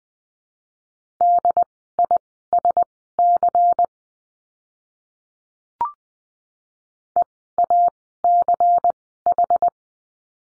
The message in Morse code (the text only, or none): DISC EACH